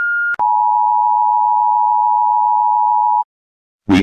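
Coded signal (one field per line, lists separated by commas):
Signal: Emergency Alert System (SAME) tones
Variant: 853 and 960 Hz attention tone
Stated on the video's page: Animated Emergency Alert System alarms.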